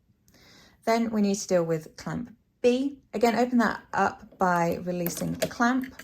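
On a Cricut cutting machine's tool carriage, the lever of clamp A is pulled back across to lock a 0.4 tawny fine point pen in place. A sharp, short click sounds at 0.3 s, and then someone talks. The pen clamp closes and the pen is seated.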